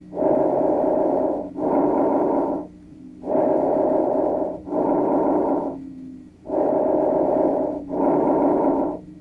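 Steady, soft rushing breath sounds in paired inhale and exhale phases, about three cycles in nine seconds, roughly equal in length with a brief pause between. These are normal bronchovesicular breath sounds, the expected sound over the mainstem bronchi.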